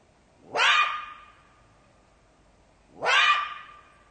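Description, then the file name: Jackal giving two raspy yelps about two and a half seconds apart, each trailing into a thin wailing tone. "zvuki shakala"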